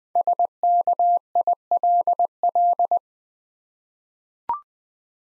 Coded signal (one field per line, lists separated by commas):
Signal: Morse code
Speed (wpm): 20 wpm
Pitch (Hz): 700 Hz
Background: none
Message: SKILL